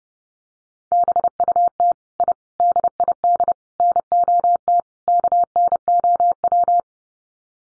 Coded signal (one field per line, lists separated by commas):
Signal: Morse code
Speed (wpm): 30 wpm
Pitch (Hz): 700 Hz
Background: none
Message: BUT I DID NOT KNOW